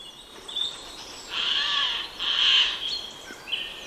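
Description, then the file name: Eurasian jay calling with two loud, harsh, tearing screeches about a second apart, framed by thin whistled notes. "Garrulus glandarius"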